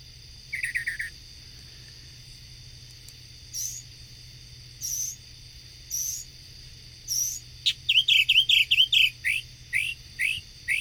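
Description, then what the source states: Mockingbird singing varied high phrases, chirps and sharp notes with pauses, then a fast run of repeated rising notes, over a steady high insect-like hum. Song includes imitations of other sounds, usually repeated in threes.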